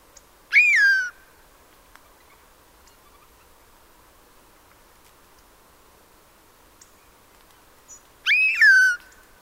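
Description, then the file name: Eurasian jay with two harmonic mews that rise then slide down, separated by about seven seconds of near silence and faint hiss. "Garrulus glandarius"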